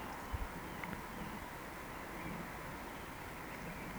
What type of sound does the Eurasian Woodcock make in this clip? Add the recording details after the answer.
whistle. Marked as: whistle, whistle. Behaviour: display flight. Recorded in Baden-Württemberg, Germany, on 17 June 2020 at 20:01 UTC. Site 14569, 102 m above sea level